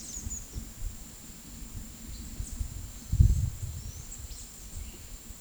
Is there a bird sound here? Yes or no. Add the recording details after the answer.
yes. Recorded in secondary vegetation near Puerto Asís, Putumayo, Colombia, on 22 December 2024 at 14:00. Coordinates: 0.468, -76.324. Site G095